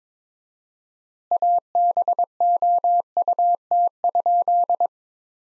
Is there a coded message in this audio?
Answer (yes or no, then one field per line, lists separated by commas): yes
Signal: Morse code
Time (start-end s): 1.3-4.9 s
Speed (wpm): 22 wpm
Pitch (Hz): 700 Hz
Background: none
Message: ABOUT?